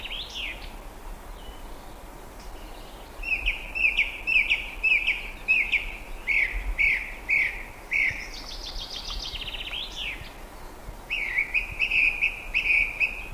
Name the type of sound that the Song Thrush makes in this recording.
song